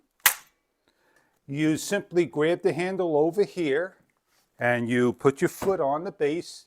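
The folding wheel assembly of an aluminum hand truck snaps open with a single sharp, loud click at 0.3 s when the base is pushed down, and the wheels swing open and lock into place automatically. After a short quiet stretch, someone talks.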